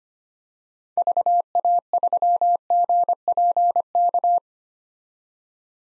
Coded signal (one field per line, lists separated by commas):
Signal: Morse code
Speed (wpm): 25 wpm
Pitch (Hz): 700 Hz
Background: none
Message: VA3GPK